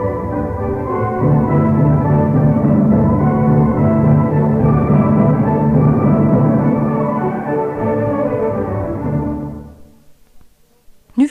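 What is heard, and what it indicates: Music sounds dull and muffled, with its bright, crisp upper tones missing, before fading to near silence at the end. This simulates high-tone hearing loss, with tones above 2000 vibrations per second removed to show how music is heard with increasing high-tone loss.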